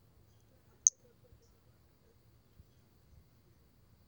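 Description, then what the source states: Pumpkin toadlet giving a single short, high-pitched chirp near the start, then near silence with only a faint low hum. 4 February 2016.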